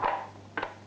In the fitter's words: Alors, faut bien attendre, faut bien entendre le petit clip, sinon il tient pas.